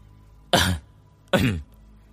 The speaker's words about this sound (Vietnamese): Tôn Mập hắng giọng nói với Hách Chính Nghĩa: